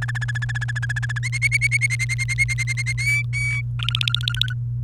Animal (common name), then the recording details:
Domestic Canary. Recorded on 29 April 2018 at 18:17. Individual llb3